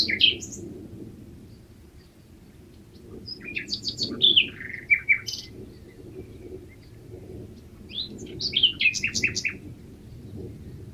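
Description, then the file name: Common nightingale song: varied whistled and buzzy phrases with sharp high notes, pausing between bursts, over a low rumbling background. "Luscinia megarhynchos"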